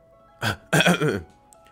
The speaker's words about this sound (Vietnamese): Miêu Nghị ho khan hai tiếng